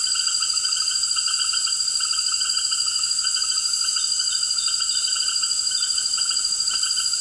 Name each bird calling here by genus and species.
none